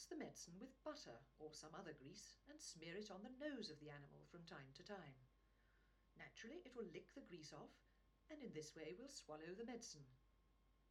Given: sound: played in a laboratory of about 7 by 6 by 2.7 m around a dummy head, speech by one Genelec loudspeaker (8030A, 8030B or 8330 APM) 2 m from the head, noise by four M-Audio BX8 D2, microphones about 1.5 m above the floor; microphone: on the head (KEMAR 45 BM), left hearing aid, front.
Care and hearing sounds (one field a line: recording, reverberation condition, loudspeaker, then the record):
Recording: female speech in English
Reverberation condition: low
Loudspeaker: 60 degrees to the left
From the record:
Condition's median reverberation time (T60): about 310 ms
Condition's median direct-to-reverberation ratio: about 3.5 dB